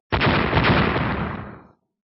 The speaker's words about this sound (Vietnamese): Vang tiếng nổ điếc tai, rồi quất ra xong, Tu Minh không lùi mà còn tiến lên, lại vang tiếng nổ khiến động đất.